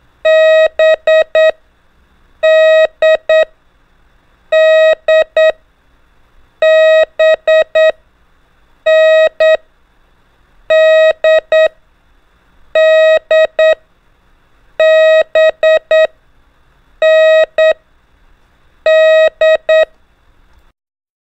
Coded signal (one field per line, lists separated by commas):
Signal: Morse code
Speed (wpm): 9 wpm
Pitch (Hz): 630 Hz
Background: none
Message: B D D B N D D B N D